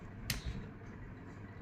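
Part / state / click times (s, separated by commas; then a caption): flaring tool cone on copper pipe clamped in flaring bar / torque reached / 0.3 s. A flaring tool's cone is screwed down onto copper AC pipe clamped in the flaring bar to form a flare. At 0.3 s the tool's clutch clicks free as the finished flare lets the feed slip and spin, followed by a softer low thump around 0.5 s. The flare is complete and the tool now turns freely.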